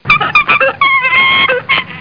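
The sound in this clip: Monkey calls: a rapid run of short, harsh squeaky chatters, then a longer tonal screech, and a few brief cries at the end.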